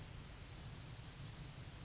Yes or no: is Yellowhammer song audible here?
yes